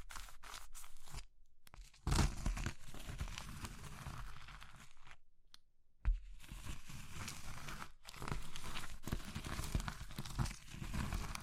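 Crisp crushing and crumbling of brittle material, like chalk or meringue, in dense gritty bursts. Short silent gaps break the sound near 1, 5 and 8 seconds, with louder cracking snaps at about 2 and 6 seconds, then steady crinkly crunching resumes.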